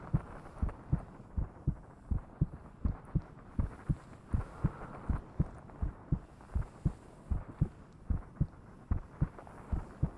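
Steady, soft lub-dub heartbeat at roughly 80 beats a minute, an adult woman's heart heard with the head pressed close against her chest.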